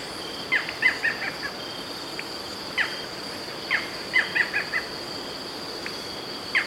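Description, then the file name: Barred Forest Falcon uttering clipped, barking notes in short runs and single calls, spaced irregularly, against a steady high hum. "Micrastur ruficollis - Barred Forest Falcon"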